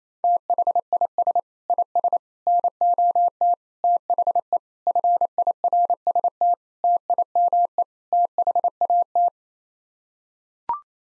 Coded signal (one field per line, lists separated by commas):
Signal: Morse code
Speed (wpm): 28 wpm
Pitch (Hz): 700 Hz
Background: none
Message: THIS IS NOT THE FIRST TIME THAT